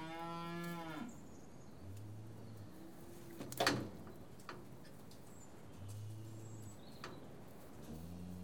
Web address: The BBC Sound Effects Library Livestock Cattle Being Tested